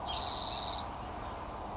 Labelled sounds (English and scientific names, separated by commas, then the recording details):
Spotted Towhee (Pipilo maculatus)
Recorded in Sonoma County, California